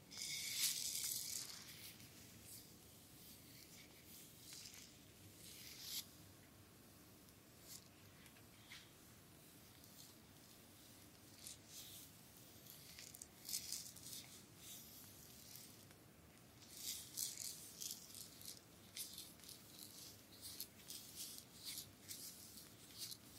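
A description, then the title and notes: A full body massage with bamboo, with a loud bright rustling swish right at the start. After that, soft rubbing and faint crackly friction sounds come in irregular bursts, busier around the middle and again near the end, over a low, steady murmur. ASMR Full body massage with bamboo.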